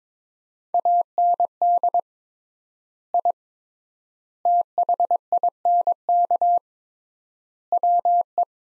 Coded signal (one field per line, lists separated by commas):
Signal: Morse code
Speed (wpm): 22 wpm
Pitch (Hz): 700 Hz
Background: none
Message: AND I THINK WE